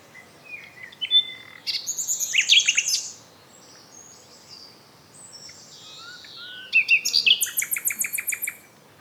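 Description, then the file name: Common nightingale singing: a rattling burst of repeated notes, soft whistled slurs in the middle, then another fast rattle of notes. "Luscinia megarhynchos"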